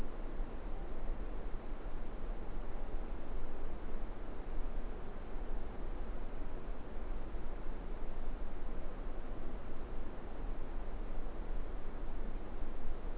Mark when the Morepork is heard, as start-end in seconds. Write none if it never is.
none